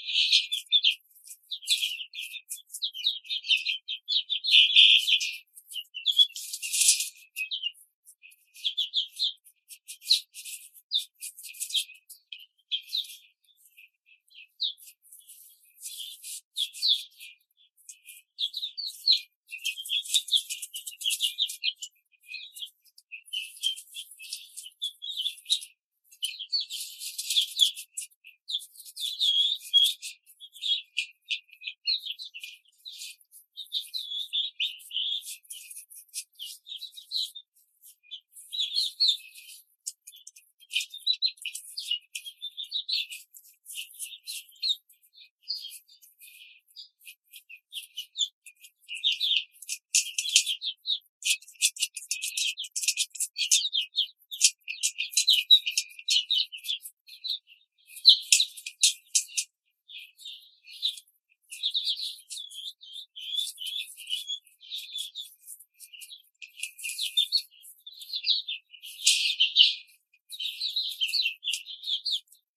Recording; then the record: young laying hens in a cage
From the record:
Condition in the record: control cage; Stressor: none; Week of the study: 5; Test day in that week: 1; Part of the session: 4